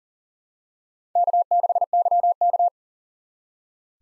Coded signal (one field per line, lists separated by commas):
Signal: Morse code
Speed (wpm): 40 wpm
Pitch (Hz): 700 Hz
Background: none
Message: K6YK